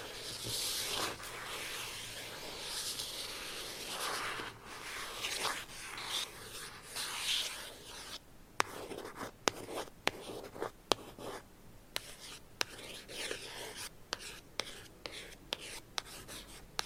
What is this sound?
Gentle Tapping & Scratching